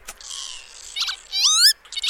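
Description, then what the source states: Northern Lapwing calling: a wheezy buzzing note, then squeaky slurred whistles, sounding almost electronic. Unusual, electronic-sounding call; played example.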